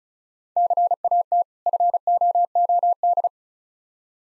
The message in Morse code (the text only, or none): CAT FOOD